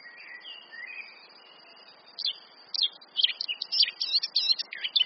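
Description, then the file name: Eurasian blackcap warbling: soft faint notes at first, then a burst of loud, rapid, varied chirps and twitters through the second half, over light background noise. "Sylvia atricapilla"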